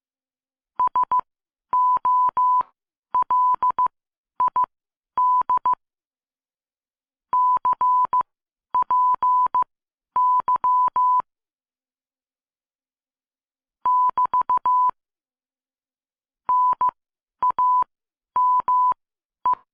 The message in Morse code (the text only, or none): SOLID CPY <BT> NAME